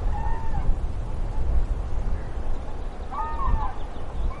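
Common crane calls, faint and rolling: one brief note near the start and a clearer trumpeting call about three seconds in, over heavy low-frequency rumble.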